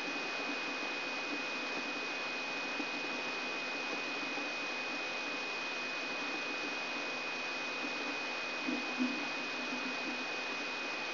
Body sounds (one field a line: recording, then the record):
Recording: brain microelectrode recording played as sound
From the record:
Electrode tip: inside the subthalamic nucleus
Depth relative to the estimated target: -4 mm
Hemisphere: left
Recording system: AlphaMap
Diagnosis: Parkinson's disease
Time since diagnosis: 24 years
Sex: male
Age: 67 years